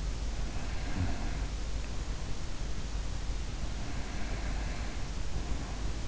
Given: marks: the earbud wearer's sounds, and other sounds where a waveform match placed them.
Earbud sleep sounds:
sounds in sleep by an in-ear microphone; breath
0.19-2.64 s: breath
3.31-6.08 s: breath

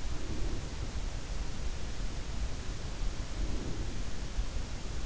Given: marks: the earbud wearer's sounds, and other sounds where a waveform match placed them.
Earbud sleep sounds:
sounds in sleep by an in-ear microphone; breath
0.12-1.09 s: breath
3.05-4.31 s: breath

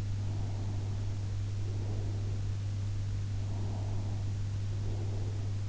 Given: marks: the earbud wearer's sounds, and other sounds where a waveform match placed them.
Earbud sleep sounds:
sounds in sleep by an in-ear microphone; breath
0.07-2.70 s: breath
3.33-5.58 s: breath

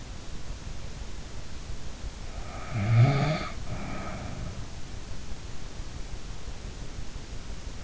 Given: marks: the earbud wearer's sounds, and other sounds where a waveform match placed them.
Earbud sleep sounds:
sounds in sleep by an in-ear microphone; snoring breath
2.72-4.47 s: snoring breath

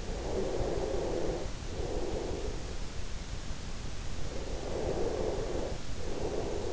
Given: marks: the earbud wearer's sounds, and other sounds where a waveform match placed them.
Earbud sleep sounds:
sounds in sleep by an in-ear microphone; breath
0.11-2.62 s: breath
4.34-6.73 s: breath

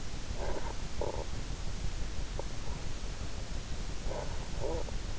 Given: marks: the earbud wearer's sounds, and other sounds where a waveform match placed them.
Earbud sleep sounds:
sounds in sleep by an in-ear microphone; snoring breath
0.23-1.53 s: snoring breath
2.27-2.68 s: snoring breath
3.86-5.05 s: snoring breath

